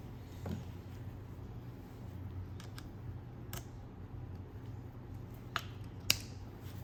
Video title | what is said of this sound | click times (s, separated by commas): Unboxing Of The Bosch 2-Tool 18-Volt Brushless Power Tool Kit With Bag And 91 Piece Drill Bit Set | they lock into place | 6.1 s